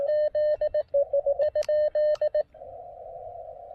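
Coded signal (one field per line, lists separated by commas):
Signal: Morse code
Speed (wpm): 18 wpm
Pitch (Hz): 1800 Hz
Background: none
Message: Z ?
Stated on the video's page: QRP Xiegu G106 transceiver, CW park activation on 20 meters.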